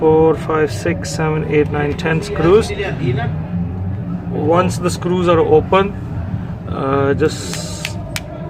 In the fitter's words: go all around you can hear that click click sound that's